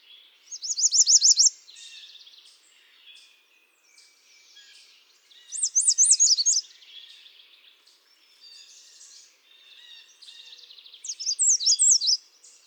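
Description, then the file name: American redstart song repeated three times, each a high-pitched burst of fast notes. "Setophaga ruticilla"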